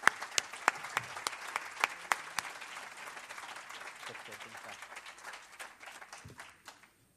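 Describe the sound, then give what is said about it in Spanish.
An audience applauds steadily, welcoming Dr. Enrique Rojas Montes before his conference lecture, a dense wash of many hands clapping with sharper individual claps standing out early on, then thinning and fading out near the end. “Saludemos, por favor, con un caluroso aplauso al doctor Enrique Rojas Montes.”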